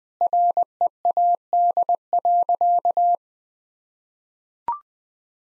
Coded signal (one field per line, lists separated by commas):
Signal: Morse code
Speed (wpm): 21 wpm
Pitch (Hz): 700 Hz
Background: none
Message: READ.